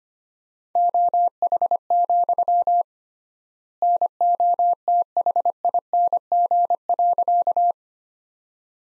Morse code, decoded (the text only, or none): OH, NOTHING.